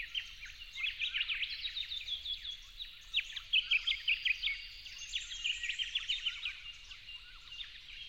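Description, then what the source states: Yellow-faced honeyeater song: continuous high twittering of crisp repeated chirps, rising to a loud burst midway. Recorded at dawn on 08/01/12.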